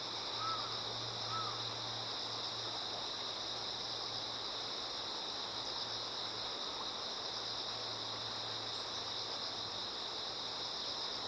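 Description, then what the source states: Insects singing in a steady, shimmering high chorus without pause, over the broad hiss of flowing water, with a couple of soft arched notes near the start. Insects singing in chorus beside a slowly flowing river.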